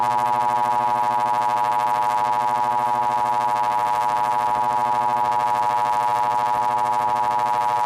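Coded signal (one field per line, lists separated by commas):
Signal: Emergency Alert System (SAME) tones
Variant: 853 and 960 Hz attention tone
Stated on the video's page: Illinois EAS test following a tornado warning drill, with poor audio quality.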